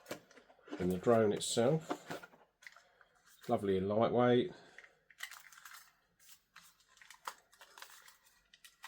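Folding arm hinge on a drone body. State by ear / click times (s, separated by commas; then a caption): seated / 5.2 s, 7.3 s. Someone talks briefly, then unfolds the folding plastic arms of a Ruko F11Pro 2 small camera drone amid soft handling rustles until they lock open. Sharp clicks at 5.2 s and 7.3 s are the arms clicking into place on the drone body, seated nice and tight so they won't fall or come undone.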